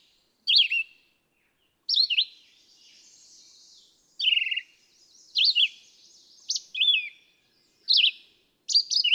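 Red-eyed vireo song of varied short whistled phrases, some rising, some falling, with short gaps between them.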